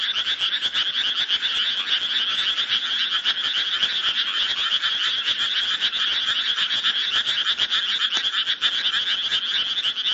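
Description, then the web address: Frogs calling in a dense chorus, many overlapping rattling croaks that form an unbroken, two-toned trill throughout. "ayase frog"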